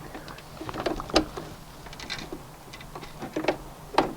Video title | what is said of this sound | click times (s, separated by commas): How to Thread the Brother CV3550 Cover Stitch Machine | just snaps into place so | 4.0 s